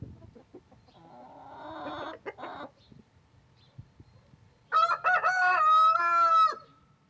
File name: Cock Crow And Chickens Clucking